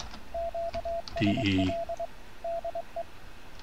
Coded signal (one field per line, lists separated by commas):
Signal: Morse code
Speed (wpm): 23 wpm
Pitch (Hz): 680 Hz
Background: radio noise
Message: QSL DE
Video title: CW with RS BA1 by W6FCC